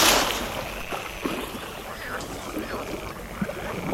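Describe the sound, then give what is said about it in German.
A bright, noisy splash opens, then water keeps sloshing and gurgling in uneven waves, with a few small burbling pops rising out of the steady churn. “Oh Mensch, wie das Wasser wabbelt!”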